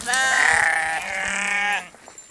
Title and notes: Sheep block at the top of the mountain early in the morning. Saturday, JUne 19th, 2021 8:15 am. these sheep at the top of Soriška planina mountain range